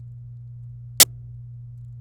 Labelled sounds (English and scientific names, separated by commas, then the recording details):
Domestic Canary (Serinus canaria) song
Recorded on 26 April 2018 at 16:13
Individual llb3